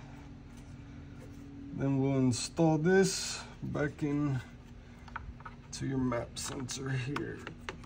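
Someone talks while handling an electrical harness connector near the MAP sensor of a 2016 6.7L PowerStroke with a 6R140 transmission, during a transmission pressure controller install. Faint handling taps come around 5.1–5.5 seconds and again near 7.7 seconds. The connector has not seated or clicked onto the MAP sensor yet.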